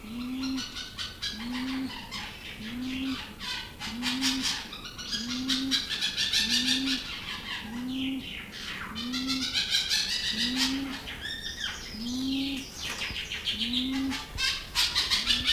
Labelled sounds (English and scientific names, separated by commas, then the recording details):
Sulawesi Ground Dove (Gallicolumba tristigmata) call
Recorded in captivity
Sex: male
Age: adult
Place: Zoo Berlin, Berlin, DE
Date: 2001-03-20 13:05
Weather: partly sunny, 0-2°C
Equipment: Nagra SN, Kopie Uher 4000 Report Monitor
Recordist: Tembrock, Günter